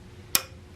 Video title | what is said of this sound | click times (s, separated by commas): How to Remove and Clean your Fuel Injectors from your R3 | now that we heard the clip we know that it's securely it | 0.3 s